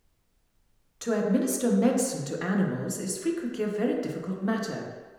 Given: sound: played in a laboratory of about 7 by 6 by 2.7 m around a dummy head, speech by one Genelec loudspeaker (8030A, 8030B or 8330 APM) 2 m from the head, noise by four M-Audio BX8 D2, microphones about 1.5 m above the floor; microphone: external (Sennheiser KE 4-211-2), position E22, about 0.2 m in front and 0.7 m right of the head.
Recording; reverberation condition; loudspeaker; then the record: female speech in English; high; 60 degrees to the right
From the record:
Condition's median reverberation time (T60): about 1300 ms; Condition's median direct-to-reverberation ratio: about -4.0 dB